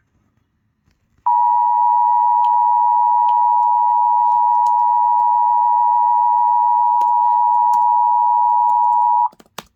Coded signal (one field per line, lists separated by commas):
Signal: Emergency Alert System (SAME) tones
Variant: 853 and 960 Hz attention tone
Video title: A DOUBLE HEADER ON WDFA!!! Immediate Evacuation + Local Area Emergency (EAS #108-109)